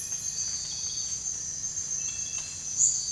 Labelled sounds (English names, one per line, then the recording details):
none
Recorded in dense forest near Puerto Asís, Putumayo, Colombia, on 22 December 2024 at 04:00
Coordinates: 0.468, -76.322
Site G071